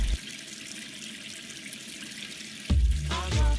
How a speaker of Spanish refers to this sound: Minuto que dura una ducha se consumen 10 litros de agua y la canilla abierta por un minuto da hasta 6 litros de agua.